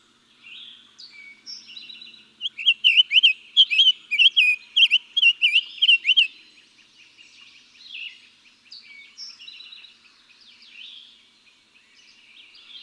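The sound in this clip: Summer tanager gives a loud run of slurred, warbled whistles in the middle, with softer scattered bird notes before and after.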